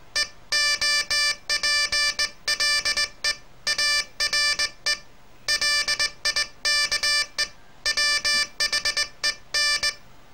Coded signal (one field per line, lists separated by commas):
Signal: Morse code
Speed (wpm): 18 wpm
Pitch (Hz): 1750 Hz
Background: none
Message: EOPLE ARE LIKE WHEN